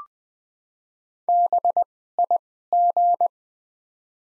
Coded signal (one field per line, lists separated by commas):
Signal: Morse code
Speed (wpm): 20 wpm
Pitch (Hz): 700 Hz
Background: none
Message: BIG